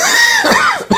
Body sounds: coughing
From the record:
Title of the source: Spring Allergy Coughing

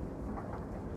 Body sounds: background sound without coughing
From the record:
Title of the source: Train Ride Ambience ambient white noise for sleeping, focus, studying, reading

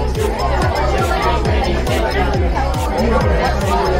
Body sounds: background sound without coughing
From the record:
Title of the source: Nightlife Party Simulating Party Club Noise 1 Hour

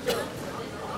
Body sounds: coughing mixed with background sound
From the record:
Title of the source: Coughing Woman Sound - Woman Cough Sound Effect

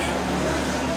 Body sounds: coughing mixed with background sound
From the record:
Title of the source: Residual Phlegmy Morning Coughing and Gagging

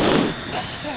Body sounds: coughing mixed with background sound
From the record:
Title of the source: Dry Afternoon Cough

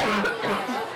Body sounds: coughing mixed with background sound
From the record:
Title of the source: Barking cough - # 10

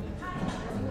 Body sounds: background sound without coughing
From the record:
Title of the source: 60 minutes of coffee shop sounds for study and concentration

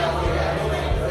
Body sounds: background sound without coughing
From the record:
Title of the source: CITY SOUNDS Busy Bar in the Evening Night - 2 HOURS of Ambiance for Relaxation

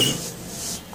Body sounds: coughing mixed with background sound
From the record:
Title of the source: Spring Cold Coughing.

